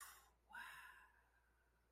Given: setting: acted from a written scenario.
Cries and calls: vocal sound without words; romantic love

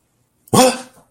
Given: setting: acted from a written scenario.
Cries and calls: vocal sound without words; negative surprise

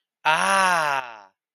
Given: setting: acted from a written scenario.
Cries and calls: vocal sound without words; awe

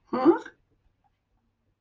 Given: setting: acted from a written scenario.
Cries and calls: vocal sound without words; confusion

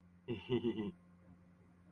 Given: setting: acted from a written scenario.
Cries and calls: vocal sound without words; adoration

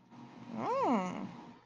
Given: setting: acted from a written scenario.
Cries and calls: vocal sound without words; interest

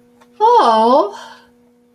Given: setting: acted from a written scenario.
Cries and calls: vocal sound without words; positive surprise

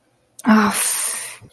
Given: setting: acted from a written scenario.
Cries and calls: vocal sound without words; anger

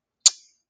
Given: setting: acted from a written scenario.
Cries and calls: vocal sound without words; disappointment

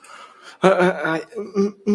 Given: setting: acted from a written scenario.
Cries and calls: vocal sound without words; shame

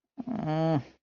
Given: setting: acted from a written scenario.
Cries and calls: vocal sound without words; guilt

